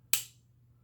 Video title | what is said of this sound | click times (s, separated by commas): Ruike LD21BL - One of the best Swiss Army alternatives? | and then snaps into place so I'm gonna go break this in a little bit put a little Lube down in there | 0.1 s